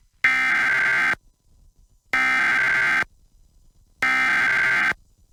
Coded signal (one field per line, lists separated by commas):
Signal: Emergency Alert System (SAME) tones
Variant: header bursts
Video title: Emergency Alert System Hurricane Hilary for Los Angeles KWHY 22 - August 20, 2023